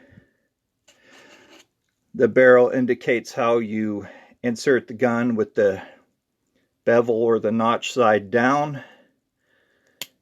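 A plastic projectile is pushed, bevel or notch side down, into the spring launcher of a 1993 G.I. Joe Frostbite v3 action figure until the spring catch latches. Someone talks for most of the clip, then after a pause a single sharp click is heard at 10.0 s as the launcher cocks and the projectile seats.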